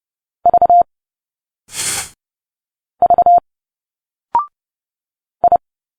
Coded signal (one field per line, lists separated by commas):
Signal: Morse code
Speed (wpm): 30 wpm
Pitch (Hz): 700 Hz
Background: none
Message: V V I